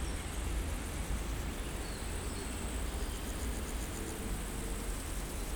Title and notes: 348-862 Rue de Vars, 73310 Chindrieux, France - Prairie stridulante. Par une chaude journée , les insectes stridulent dans une prairie sèche, le vent fait frémir les feuillages, quelques oiseaux des bois environnants chantent , tandis que la RD991 envoie ses ronronnements de motos plus ou moins agressifs